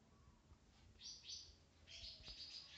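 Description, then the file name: White-browed wagtail: soft whistled notes, then a louder slurred phrase, with a few low knocks and a sharp click at the very end. "Motacilla maderaspatensis"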